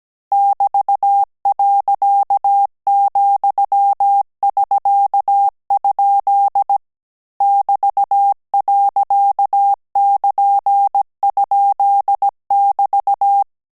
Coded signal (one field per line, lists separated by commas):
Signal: Morse code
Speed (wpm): 17 wpm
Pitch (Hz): 800 Hz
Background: none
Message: <BT>.,<SK>? <BT>.<KN>?<BT>